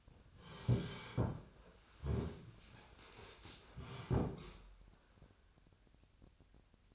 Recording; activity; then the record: daily activity, microphone in the room; sit down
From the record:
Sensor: 2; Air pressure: 1015.1 hPa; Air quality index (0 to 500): 168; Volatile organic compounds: 9 ppm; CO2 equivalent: 2178 ppm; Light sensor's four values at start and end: 10/25/10/11 and 12/33/13/14